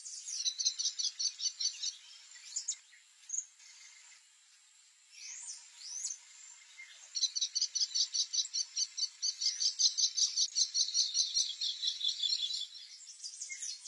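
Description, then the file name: Kestrel calling in two fast runs of sharp, high, repeated notes, with thin chirps and a hiss in between. "canto do kestrel"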